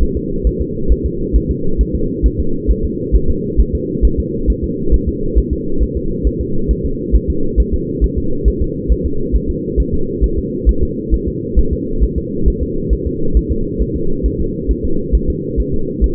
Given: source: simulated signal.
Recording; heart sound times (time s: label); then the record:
fetal heart sounds
0.03 s: S1
0.17 s: S2
0.47 s: S1
0.61 s: S2
0.92 s: S1
1.06 s: S2
1.36 s: S1
1.51 s: S2
1.81 s: S1
1.95 s: S2
2.26 s: S1
2.40 s: S2
2.71 s: S1
2.85 s: S2
3.15 s: S1
3.30 s: S2
3.60 s: S1
3.75 s: S2
4.05 s: S1
4.20 s: S2
4.50 s: S1
4.64 s: S2
4.94 s: S1
5.09 s: S2
5.38 s: S1
5.53 s: S2
5.83 s: S1
5.97 s: S2
6.27 s: S1
6.41 s: S2
6.71 s: S1
6.86 s: S2
7.15 s: S1
7.30 s: S2
7.60 s: S1
7.74 s: S2
8.04 s: S1
8.18 s: S2
8.48 s: S1
8.62 s: S2
8.92 s: S1
9.06 s: S2
9.36 s: S1
9.50 s: S2
9.80 s: S1
9.94 s: S2
10.24 s: S1
10.39 s: S2
10.69 s: S1
10.83 s: S2
11.14 s: S1
11.28 s: S2
11.59 s: S1
11.73 s: S2
12.03 s: S1
12.18 s: S2
12.48 s: S1
12.62 s: S2
12.93 s: S1
13.07 s: S2
13.37 s: S1
13.52 s: S2
13.82 s: S1
13.96 s: S2
14.26 s: S1
14.41 s: S2
14.71 s: S1
14.85 s: S2
15.15 s: S1
15.30 s: S2
15.60 s: S1
15.74 s: S2
16.04 s: S1
From the record:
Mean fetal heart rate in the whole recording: 135 bpm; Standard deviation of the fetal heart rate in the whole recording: 3 bpm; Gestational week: 34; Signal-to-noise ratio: -8.1 dB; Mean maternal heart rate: 72 bpm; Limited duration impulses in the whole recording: absent